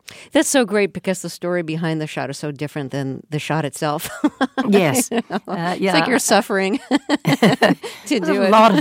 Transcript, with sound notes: That's so great, because the story behind the shot is so different than the shot itself (laughter).
Yes. Yeah.
I think you're suffering to do it.